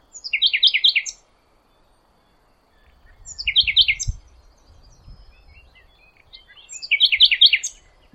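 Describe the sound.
Bird call series, three quick bursts of rapid, buzzy chattering notes about three seconds apart, with low rumbling noise in the background after the first.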